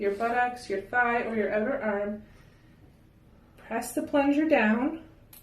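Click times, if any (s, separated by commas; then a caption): none. Someone talks while the plunger of an insulin injector pen is about to be pressed down toward the zero dose stop during a demonstration injection. There are two faint, brief sounds right at the end of the clip, but nothing has clicked or reached zero yet.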